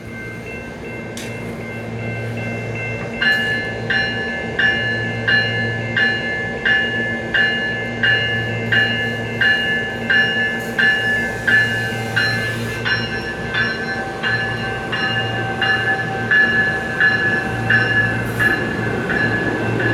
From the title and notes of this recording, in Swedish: Silverliner V som avgår från 40th & Colorado. I denna video avgår en Silverliner V från 40th och Colorado station mot Union station. Tåget har snygga lädersäten och använder 15kV 60Hz elektrifiering med overlinjer.